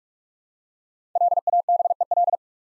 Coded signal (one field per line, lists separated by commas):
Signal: Morse code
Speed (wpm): 44 wpm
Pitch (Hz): 700 Hz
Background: none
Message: LABEL